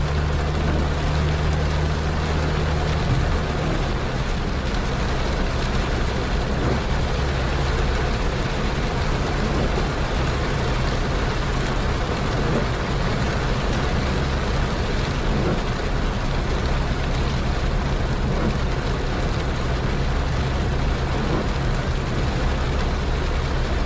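Night driving in the rain, heard as a steady, dense hiss of water and road noise with a low engine hum underneath. The low drone shifts pitch at about 3 seconds and drops out for a stretch before returning near 16 seconds, while the rain stays constant.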